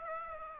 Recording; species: mosquito wingbeat signal from an infrared sensor; Aedes aegypti